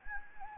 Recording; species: mosquito wingbeat signal from an infrared sensor; Anopheles gambiae